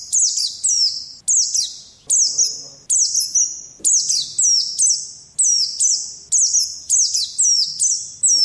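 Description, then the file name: White-eye phrase of high, piercing, downslurred chirps, repeated a little more than once per second in a steady, mechanical rhythm, each burst fading quickly. Indonesian white-eye (pleci) singing in the song style called "ngalas". "pleci ngalas omkicau"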